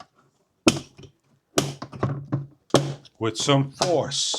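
A loose plastic panel is handled against the frame of a VECELO 3-drawer narrow mobile plastic bathroom storage cabinet, with sharp taps and thunks at about 0.7, 1.6, 1.8, 2.0, 2.3 and 2.8 seconds while someone talks. The panel has not snapped or locked into place yet.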